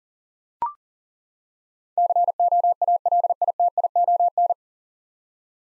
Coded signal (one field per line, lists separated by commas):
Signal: Morse code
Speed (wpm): 37 wpm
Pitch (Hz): 700 Hz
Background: none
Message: COALITION